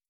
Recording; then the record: hydrophone in a shrimp aquaculture tank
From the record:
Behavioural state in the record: starved